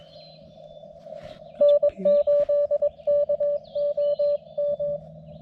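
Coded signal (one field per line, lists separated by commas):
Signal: Morse code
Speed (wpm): 21 wpm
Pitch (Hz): 580 Hz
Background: none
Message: N8KOM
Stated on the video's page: CW park activation on a TX-500 with a vertical antenna in sketchy weather.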